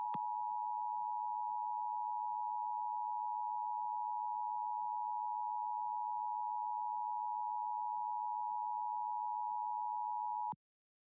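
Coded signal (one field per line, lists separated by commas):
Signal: Emergency Alert System (SAME) tones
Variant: 853 and 960 Hz attention tone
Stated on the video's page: Part of a special AM DX test from a station on 1150 kHz, received on a Perseus SDR.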